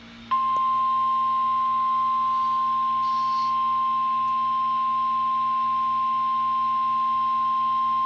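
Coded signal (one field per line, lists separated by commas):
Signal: Emergency Alert System (SAME) tones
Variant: 1050 Hz attention tone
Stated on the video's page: Tornado Warning and Severe Thunderstorm Warning received from weather radio station in Columbus, Ohio, early morning.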